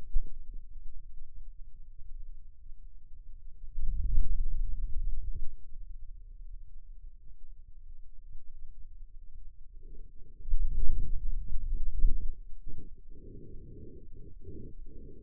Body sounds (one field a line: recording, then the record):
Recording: forearm muscle sounds (acoustic myography)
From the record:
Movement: hand closing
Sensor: system 2, bracelet of six BSWA MPA416 microphones around the upper forearm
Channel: 5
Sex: male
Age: 22 years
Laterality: right